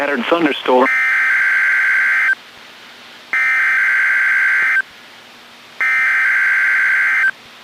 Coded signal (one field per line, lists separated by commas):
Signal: Emergency Alert System (SAME) tones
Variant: header bursts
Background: speech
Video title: NOAA Weather Radio - Weekly EAS Test - 8/16/17